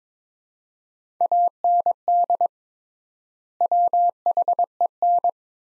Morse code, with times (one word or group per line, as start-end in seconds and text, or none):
1.2-2.5 AND
3.6-5.3 WHEN